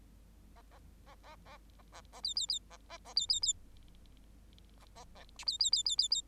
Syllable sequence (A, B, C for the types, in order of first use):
A A A A A A A A B B B A A A B B B A A A C B B B B B B